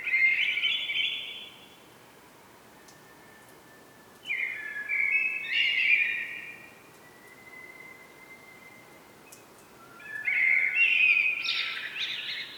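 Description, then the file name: Common blackbird delivering three mellow, fluting phrases with scratchy high notes, several seconds apart, and a faint thin whistle in a gap. "Turdus merula"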